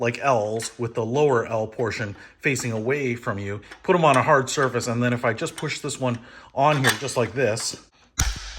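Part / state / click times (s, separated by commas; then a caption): resin L bracket piece into mating bracket piece / seated / 8.2 s. Someone talks while laying two L-shaped resin shelf bracket pieces for a Suncast Mega Tall Garage Storage Cabinet on a hard surface, lower L portion facing away, and pushing one onto the other by hand. A short, sharp snap at 8.2 s marks the bracket pieces seating together.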